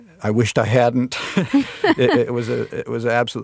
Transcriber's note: laughs